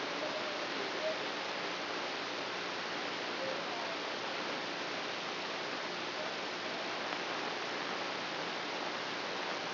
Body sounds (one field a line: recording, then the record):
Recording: brain microelectrode recording played as sound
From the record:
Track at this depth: inside the subthalamic nucleus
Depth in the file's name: 1.529 mm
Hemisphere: right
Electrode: 3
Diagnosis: Parkinson's disease